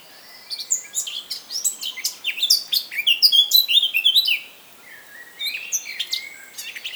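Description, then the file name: Eurasian blackcap song: a four-second stream of quick, varied chirping and warbling notes, then quieter scattered phrases. "Sylvia atricapilla"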